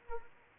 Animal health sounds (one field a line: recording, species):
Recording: mosquito wingbeat signal from an infrared sensor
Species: Anopheles arabiensis